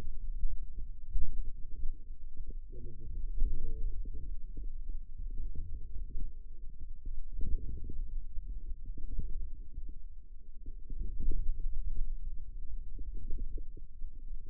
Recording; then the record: forearm muscle sounds (acoustic myography)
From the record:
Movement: ulnar deviation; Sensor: system 2, bracelet of six BSWA MPA416 microphones around the upper forearm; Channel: 5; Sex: male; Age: 22 years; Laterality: right